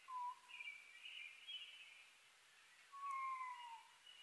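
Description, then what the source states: Oriental scops owl giving two drawn-out whistled notes that slide downward, with a constant shrill chorus droning behind them. Recorded 21 May 2011 at 19:12; Japanese name konohazuku.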